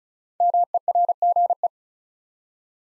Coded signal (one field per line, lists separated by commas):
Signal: Morse code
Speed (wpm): 36 wpm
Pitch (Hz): 700 Hz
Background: none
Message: MERGE